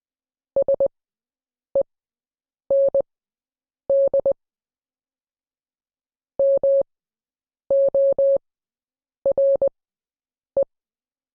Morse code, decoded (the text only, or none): SEND MORE